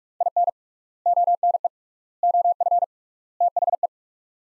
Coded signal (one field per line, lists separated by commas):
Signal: Morse code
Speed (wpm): 46 wpm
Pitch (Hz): 700 Hz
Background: none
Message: IN ONE OF THE